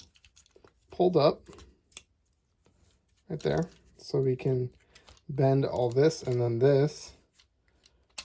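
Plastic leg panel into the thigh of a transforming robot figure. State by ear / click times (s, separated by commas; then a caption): seated / 8.2 s. Someone talks while bending the plastic leg parts of a Transformers Masterpiece MP-54 Reboost robot figure together during its conversion, with faint handling clicks in the pauses. At 8.2 s a plastic leg panel snaps into place with a sharp click, forming the figure's thigh.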